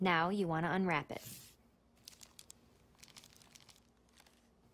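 Someone talks for about a second, then the plastic wrapper of a U by Kotex tampon's compact plastic applicator with an extendable barrel is torn and crinkled off, with a short tearing rush followed by sharp crackles around 2.1–2.5 s and 3.2 s. The applicator is unwrapped but not yet extended, and nothing has clicked yet.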